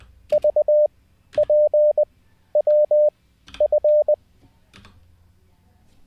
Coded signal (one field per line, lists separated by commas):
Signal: Morse code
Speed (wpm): 20 wpm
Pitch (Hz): 600 Hz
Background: none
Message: VPWF